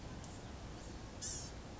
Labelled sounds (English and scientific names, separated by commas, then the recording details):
Blue-gray Gnatcatcher (Polioptila caerulea)
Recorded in Sonoma County, California